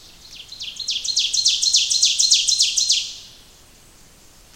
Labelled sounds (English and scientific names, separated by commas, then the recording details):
Ovenbird (Seiurus aurocapilla) song
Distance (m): 5 m
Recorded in boreal forest in Alberta, Canada, on 28 May 2016 at 05:01
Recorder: SongMeter 3, array SBT-3-49
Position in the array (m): 105 m, 279 m
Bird 14